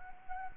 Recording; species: mosquito wingbeat signal from an infrared sensor; Anopheles gambiae